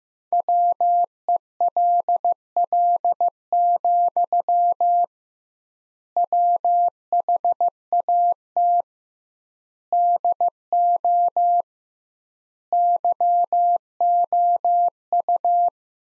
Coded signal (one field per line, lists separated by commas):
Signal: Morse code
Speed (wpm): 15 wpm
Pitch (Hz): 700 Hz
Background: none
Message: WELL, WHAT DO YOU